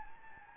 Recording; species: mosquito wingbeat signal from an infrared sensor; Anopheles gambiae